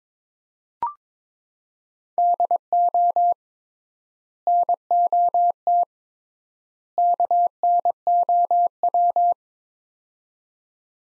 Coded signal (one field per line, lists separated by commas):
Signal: Morse code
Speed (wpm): 22 wpm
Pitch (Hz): 700 Hz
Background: none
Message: DO NOT KNOW